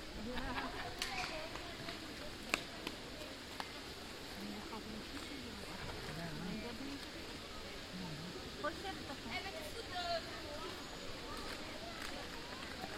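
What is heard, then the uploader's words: Steady rustling of plane tree leaves fills the background beneath chattering voices, with a few sharp taps and clicks scattered throughout. Kids playing on the Rabbijn Maarsenplein. A slightly windy recording but I thought it was nice anyway. The background 'white noise' are the leaves of the plane trees standing there.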